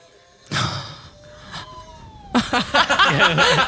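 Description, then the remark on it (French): A cat in a video gives one long, drawn-out meow with a slowly falling pitch, then a loud, dense burst of overlapping voices takes over. “Ensuite, on va être sur du chat.”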